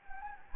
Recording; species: mosquito wingbeat signal from an infrared sensor; Anopheles gambiae